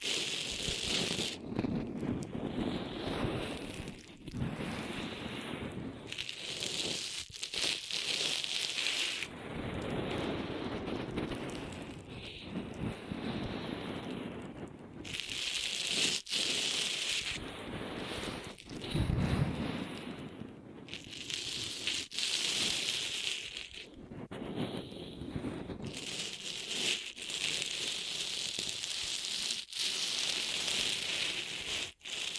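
Ear massage sounds: continuous rubbing and brushing with no pauses. Soft, muffled rustles alternate with brighter, hissing scratchy passages every few seconds, the hissy stretches at around 6, 15, 21 and 26 seconds lasting a couple of seconds each, like rain or wind.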